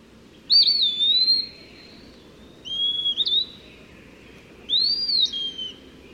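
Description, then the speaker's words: Eastern Wood-Pewee song: three clear, plaintive, slurred whistled phrases about two seconds apart. Flycatcher that whistles its name over and over, more plaintive than the phoebe; found in leafy forests east of the Rockies, more often heard than seen. "peewee's a bit more plaintive."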